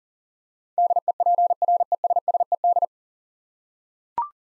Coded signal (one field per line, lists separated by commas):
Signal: Morse code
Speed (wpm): 37 wpm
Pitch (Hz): 700 Hz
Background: none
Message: DEPRESSED